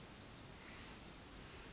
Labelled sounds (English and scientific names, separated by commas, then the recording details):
Pacific Wren (Troglodytes pacificus)
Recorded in Sonoma County, California